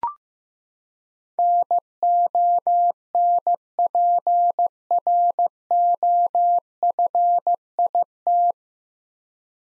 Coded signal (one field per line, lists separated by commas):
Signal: Morse code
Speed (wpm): 15 wpm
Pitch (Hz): 700 Hz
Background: none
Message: NONPROFIT